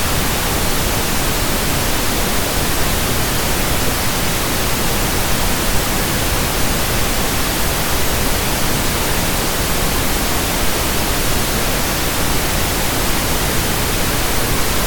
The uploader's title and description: Pink Noise Sound. Pink noise is a combination of white noise and brown noise.